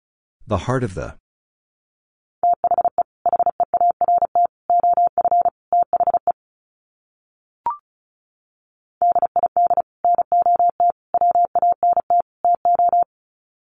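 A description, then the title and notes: Words are sent in Morse code as a steady mid-pitched beep, keyed in quick dots and dashes from about 2.5 to 6 seconds and again from 9 to 13 seconds. A brief spoken word opens the clip, and a single short blip falls in the silent gap near 8 seconds. Sets of 4 Words 35wpm. First, the words are sent in Morse code. Then it is spoken. Finally, it is sent again in Morse code.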